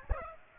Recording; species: mosquito wingbeat signal from an infrared sensor; Aedes aegypti